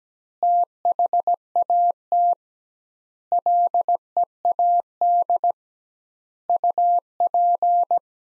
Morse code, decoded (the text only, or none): THAT LEAD UP